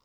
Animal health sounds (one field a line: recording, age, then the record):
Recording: pig call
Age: piglet (1 to 25 days)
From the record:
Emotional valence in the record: positive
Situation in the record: short reunion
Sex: female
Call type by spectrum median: low-frequency call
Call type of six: low-frequency tonal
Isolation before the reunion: 3 minutes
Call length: 0.06 s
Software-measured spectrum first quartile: 636 Hz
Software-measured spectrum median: 2025 Hz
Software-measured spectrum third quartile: 5637 Hz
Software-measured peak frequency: 539 Hz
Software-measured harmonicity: 1.9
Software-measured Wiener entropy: -1.45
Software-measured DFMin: 639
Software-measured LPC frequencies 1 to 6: 1075, 2259, 3029, 3761, 5096, 5815 Hz